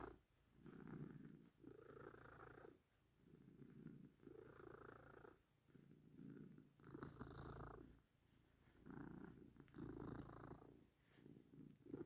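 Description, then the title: Cat purring in rhythmic waves with each breath, a low buzzing rumble rising and falling steadily throughout. "ASMR cat purring"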